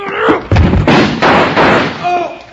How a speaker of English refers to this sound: Hit the door hard enough to break the lock. Then jump back out of the way, Jingles.